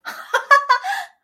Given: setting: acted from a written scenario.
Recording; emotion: vocal sound without words; positive surprise